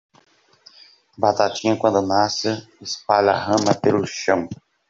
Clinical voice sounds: short text; Brazilian Portuguese; male; 20 to 29 years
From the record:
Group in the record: control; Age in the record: 24 years

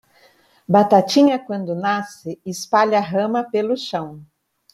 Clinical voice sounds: short text; Brazilian Portuguese; female; 50 to 59 years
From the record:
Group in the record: control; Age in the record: 54 years

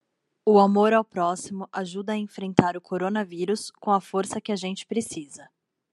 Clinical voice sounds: spoken sentence; Brazilian Portuguese; female; 30 to 39 years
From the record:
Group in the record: control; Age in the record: 32 years

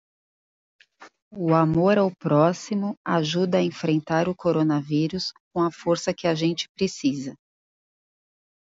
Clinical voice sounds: spoken sentence; Brazilian Portuguese; female; 40 to 49 years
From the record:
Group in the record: control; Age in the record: 43 years

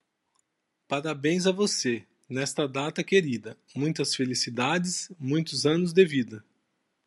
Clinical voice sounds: short text; Brazilian Portuguese; male; 50 to 59 years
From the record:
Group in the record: control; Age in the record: 51 years

